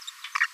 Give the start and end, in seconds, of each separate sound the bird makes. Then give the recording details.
0.07-0.10, 0.35-0.37. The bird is a male. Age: 23 days. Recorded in a nest box in Venezuela. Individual 17B42A3